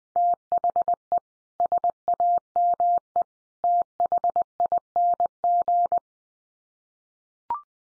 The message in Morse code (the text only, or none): THE SAME THING